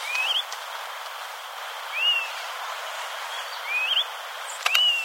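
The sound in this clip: Myiarchus flycatcher song: bright whistled notes, some rising and some falling, spaced a second or two apart, over steady hiss with a brief knock near the end.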